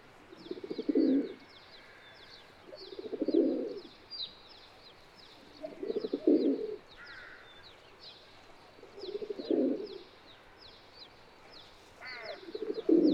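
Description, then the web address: Domestic pigeon (Ra'bi breed): domestic pigeon giving deep, rolling coos in five separate bouts a few seconds apart, the last cut off at the end, with steady high chirping from small birds behind. "صدای-کبوتر-راعبی"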